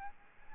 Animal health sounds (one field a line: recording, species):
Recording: mosquito wingbeat signal from an infrared sensor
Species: Aedes albopictus